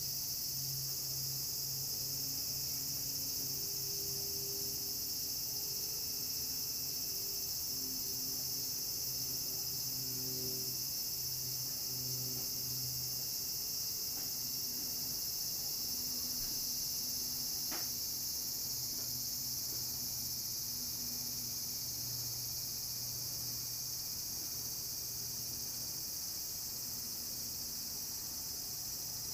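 Cicadas drone in a garden, a steady bright shrill throughout, over low shifting machine hums and a single sharp click near eighteen seconds.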